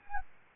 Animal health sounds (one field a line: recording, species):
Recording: mosquito wingbeat signal from an infrared sensor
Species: Aedes albopictus